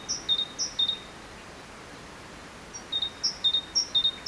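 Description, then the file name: Great tit calls: high, thin two-note phrases repeated in quick runs, a pause in the middle, then another brisk series over faint background hiss. "Parus major"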